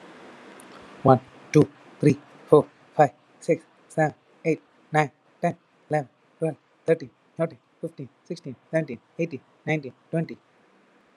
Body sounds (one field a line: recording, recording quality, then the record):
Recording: counting at a normal pace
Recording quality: excellent, no background noise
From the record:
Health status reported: healthy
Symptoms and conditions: none ticked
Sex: male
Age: 37 years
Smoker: not ticked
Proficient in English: yes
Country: India